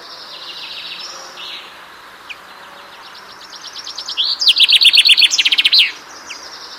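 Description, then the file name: Common chaffinch song: softer notes, then a loud, rapid run of sharp notes that ends abruptly, over steady background hiss. "Fringilla coelebs"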